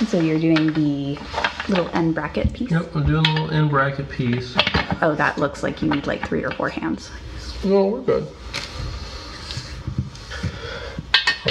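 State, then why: Seated. Someone talks while a low-end bracket piece is pushed into its slot on the frame of a flat-pack table during assembly. A sharp, loud hit at 11.1 s marks the bracket piece locking in place, seated.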